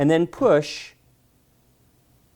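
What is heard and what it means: A DDR4 memory stick is being handled for insertion straight down into a motherboard DIMM slot, where the retention tabs will snap closed to lock it into place. Someone talks briefly over a quiet background, and no clicks are heard. Nothing has seated or clicked yet.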